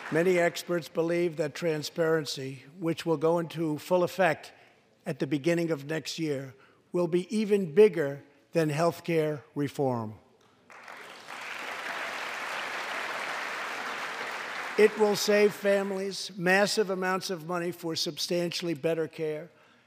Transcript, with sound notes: Many experts believe that transparency, which will go into full effect at the beginning of next year, will be even bigger than healthcare reform. (Applause.) It will save families massive amounts of money for substantially better care.